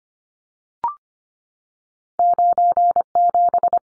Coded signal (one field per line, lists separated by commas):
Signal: Morse code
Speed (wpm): 25 wpm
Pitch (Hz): 700 Hz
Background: none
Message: 97